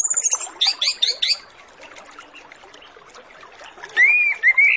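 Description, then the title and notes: Orange-headed Thrush song: a string of quick repeated chirping notes, a gap, then long clear rising and falling whistles, over background hiss. Master lure recording with full filler phrases, used to prompt Orange-headed Thrushes to start singing quickly. "Masteran Anis Kembang Full Isian Untuk Suara Pancingan Anis Kembang Agar Cepat Ngeplong. Suara Burung Anis Kembang"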